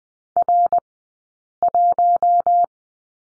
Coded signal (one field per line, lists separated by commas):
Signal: Morse code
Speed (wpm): 20 wpm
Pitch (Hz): 700 Hz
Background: none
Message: R1